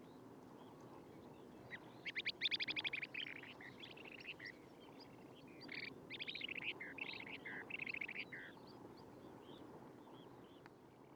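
Long-billed dowitcher giving quick strings of thin, high piping notes in a few bursts, over faint background noise.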